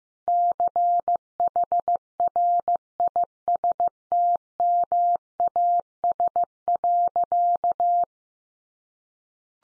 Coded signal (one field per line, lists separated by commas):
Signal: Morse code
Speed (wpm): 15 wpm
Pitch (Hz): 700 Hz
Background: none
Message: CHRISTMAS.